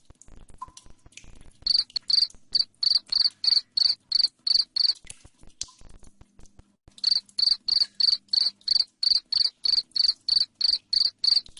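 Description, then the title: Cricket song of loud high chirps about three per second, in two long runs split by a pause with faint clicks and a low hum. Loud cricket chirping (ngerik) played to make lovebirds sing (ngekek) continuously. "Suara JANGKRIK NGERIK Keras Bikin LOVEBIRD Jadi NGEKEK Terus"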